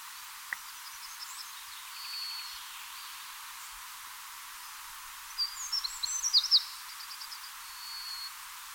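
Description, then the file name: Eurasian wren song, a faint high trill early on, then a brighter burst of quick sharp notes and trills in the second half, over light hiss. "Troglodytes troglodytes"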